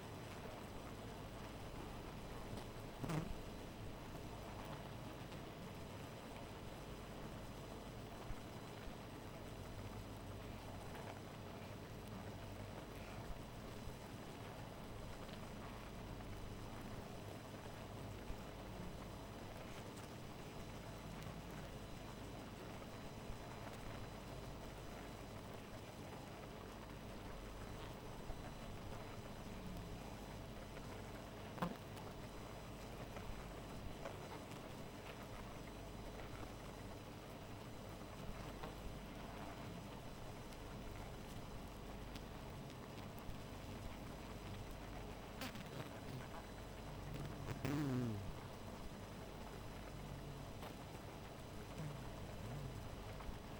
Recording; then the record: honeybee colony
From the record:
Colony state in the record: missing queen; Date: 14 July 2017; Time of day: 2:17